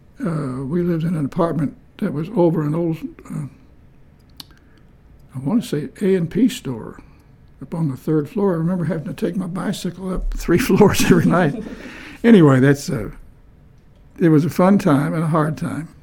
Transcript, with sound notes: We lived in an apartment that was over an old s…I want to say A&P Store, up on the third floor. I remember having to take my bicycle up [Chuckling] three floors every night. Anyway, that’s…it was a fun time and a hard time.